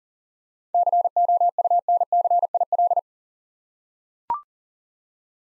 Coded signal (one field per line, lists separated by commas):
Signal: Morse code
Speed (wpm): 39 wpm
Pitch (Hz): 700 Hz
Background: none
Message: COUNCIL